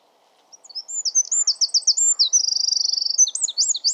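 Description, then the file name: Eurasian wren singing a fast, high-pitched jumble of trills with a steady buzzing rattle in the middle, and a couple of soft lower notes early on. "Troglodytes troglodytes"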